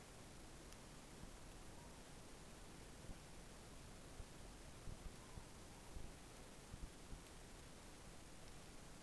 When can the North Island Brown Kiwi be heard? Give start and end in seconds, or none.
none